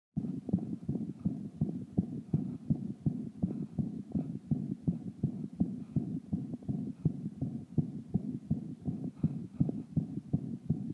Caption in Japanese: 心奇形の子牛を発見。 生後3日の子牛が急にぐったりとして元気がないと診療依頼があった。見に行くと、起立不能の状態であった。 発熱しており、収縮期心雑音を左右に認めた。おそらく、心臓の先天性奇形である心室中隔欠損または心房中隔欠損であろう。